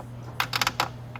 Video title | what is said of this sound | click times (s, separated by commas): Changing the Side Fairing on your Venom X22r | there you go now it clicked into place once it clicks into place we'll just get our nut over the back okay that's on | 0.4 s, 0.8 s